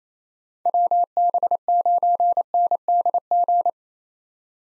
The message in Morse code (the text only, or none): WB9NDG